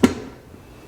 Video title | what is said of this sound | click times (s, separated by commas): UNBOXING: Mixing Bowls with Vegetable Slicer Review 2022 - Steel Bowls Julienne Grater Slicing | and it's clicked right in there i have this lid fitting right here | 0.0 s